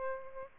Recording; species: mosquito wingbeat signal from an infrared sensor; Aedes albopictus